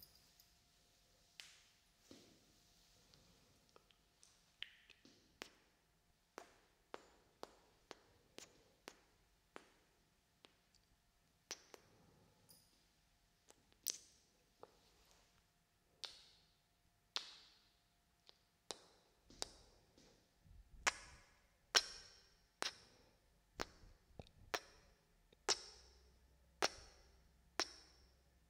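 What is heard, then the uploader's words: Wet kiss sounds arrive one after another, short smacks at an irregular pace of roughly one per second. After about twenty seconds they grow louder, crisper and more frequent, with a faint low rumble underneath near the end. ASMR BINAURAL KISS SOUNDS.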